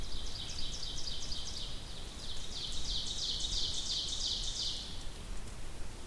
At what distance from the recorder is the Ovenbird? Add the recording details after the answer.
about 65 m. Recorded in boreal forest in Alberta, Canada, on 2 June 2016 at 08:58. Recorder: SongMeter 3, array SBT-3-7. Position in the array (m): -15 m, 73 m. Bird 7